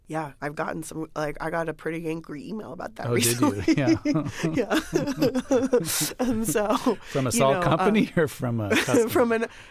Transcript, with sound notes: Yeah. I've gotten some - like, I got a pretty angry email about that recently (laughter).
Oh, did you? Yeah (laughter).
Yeah (laughter). And so, you know...
From a salt (laughter) company or from a customer?